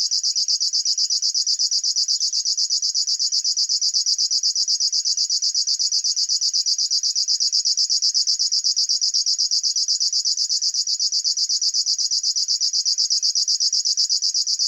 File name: Schlagschwirl - Locustella fluviatilis